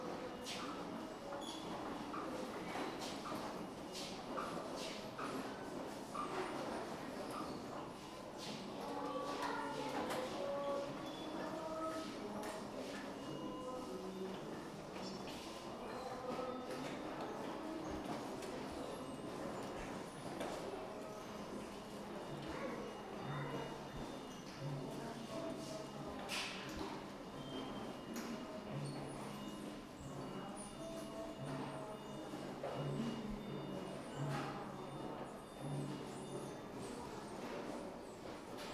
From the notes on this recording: These large metal prayer wheels are found in a large square around the copper and gold leaf statue of Avalokiteśvara at Gandan Monastery